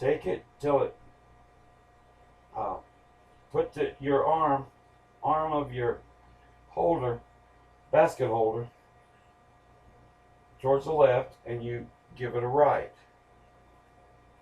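A metal portafilter arm is brought up to an espresso machine's group head and angled to the left, lined up before being twisted right to lock. Someone talks in short bursts over a steady low hum. Nothing has seated or clicked yet.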